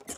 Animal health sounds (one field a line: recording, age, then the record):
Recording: pig call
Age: piglet (1 to 25 days)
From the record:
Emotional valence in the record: negative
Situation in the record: long isolation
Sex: female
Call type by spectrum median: high-frequency call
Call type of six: mixed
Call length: 0.18 s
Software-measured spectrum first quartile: 753 Hz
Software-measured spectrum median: 4924 Hz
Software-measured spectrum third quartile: 8212 Hz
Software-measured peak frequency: 264 Hz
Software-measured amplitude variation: 252 dB a second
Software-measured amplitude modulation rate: 8.5 a second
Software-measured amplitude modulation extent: 29.5 dB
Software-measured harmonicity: 2.7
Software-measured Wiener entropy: -2.36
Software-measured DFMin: 894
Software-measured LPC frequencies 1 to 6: 510, 2045, 3083, 4029, 5328, 6958 Hz